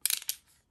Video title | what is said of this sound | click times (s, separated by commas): Paladin Woodworking Masterwork Adventurer’s Kit | so they snap into place as you put them in here | 0.1 s, 0.3 s